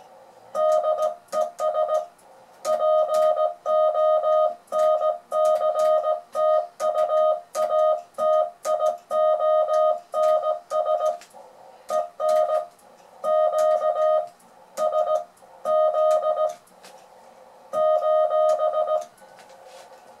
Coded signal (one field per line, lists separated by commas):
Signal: Morse code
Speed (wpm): 17 wpm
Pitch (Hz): 620 Hz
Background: music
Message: DES PONCTUATIONS EN Q S Z :